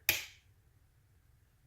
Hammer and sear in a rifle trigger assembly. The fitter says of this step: everything checks out everything works as you can see when I reset it you click goes